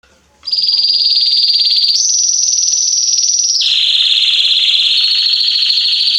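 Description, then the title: Belgian canary song: loud continuous rolling trills starting after a short silence, stepping between high and slightly lower pitches. Male Belgian canary singing a lot, used to warm up young canaries. "Esquente Seu Filhote E Canario Belga Em 30 Minutos Macho Cantando Muito. Esquente seu canrio belga em 30 minutos - Canrio Belga estourado"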